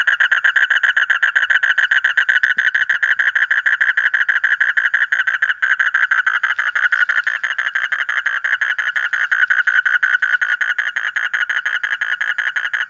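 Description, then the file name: Asian common toad producing a long, fast trill of rapid buzzy pulses, continuing without pause with a faint click partway through. "suara kodok bangkong kolong kodok buduk"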